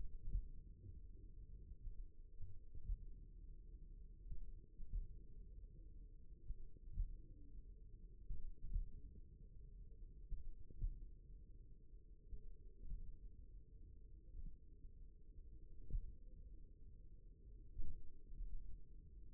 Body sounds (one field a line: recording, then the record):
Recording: forearm muscle sounds (acoustic myography)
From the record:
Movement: finger pinch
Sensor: system 1, eight BSWA MPA416 microphones around the upper forearm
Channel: 2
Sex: male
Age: 54 years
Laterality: right